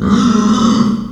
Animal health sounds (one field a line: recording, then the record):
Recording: squeal of a Yucatan mini pig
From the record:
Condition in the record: after surgery on the right vocal fold (resection and tissue-engineered implant)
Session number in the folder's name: 13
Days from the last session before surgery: 113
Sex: female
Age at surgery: 19 weeks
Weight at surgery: 25 kg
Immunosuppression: prednisolone